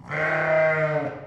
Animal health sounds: contact call of a hoofed animal; sheep; low-frequency (closed-mouth) or high-frequency (open-mouth) call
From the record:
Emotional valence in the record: positive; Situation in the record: reunion with pen mate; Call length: 1.27 s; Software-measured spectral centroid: 1450 Hz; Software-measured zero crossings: 1850 a second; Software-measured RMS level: -23 dBFS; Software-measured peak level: -11 dBFS

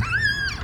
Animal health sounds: contact call of a hoofed animal; Przewalski's horse; whinny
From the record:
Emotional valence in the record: positive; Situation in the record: food anticipation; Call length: 0.65 s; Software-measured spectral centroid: 2780 Hz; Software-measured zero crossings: 3620 a second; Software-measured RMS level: -24 dBFS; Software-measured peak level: -11 dBFS

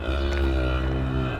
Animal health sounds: contact call of a hoofed animal; cattle; low-frequency (closed-mouth) or high-frequency (open-mouth) call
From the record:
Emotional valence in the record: negative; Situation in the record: full separation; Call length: 1.40 s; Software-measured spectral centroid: 1700 Hz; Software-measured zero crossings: 920 a second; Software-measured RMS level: -24 dBFS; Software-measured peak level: -12 dBFS

